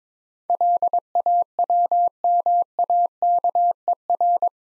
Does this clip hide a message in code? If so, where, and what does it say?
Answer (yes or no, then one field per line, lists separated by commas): yes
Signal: Morse code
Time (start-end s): 0.5-4.5 s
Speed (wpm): 22 wpm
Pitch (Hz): 700 Hz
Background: none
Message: LAWMAKER